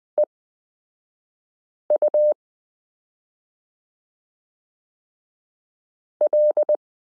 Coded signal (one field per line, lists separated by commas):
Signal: Morse code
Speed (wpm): 20 wpm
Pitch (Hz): 600 Hz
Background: none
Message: EU L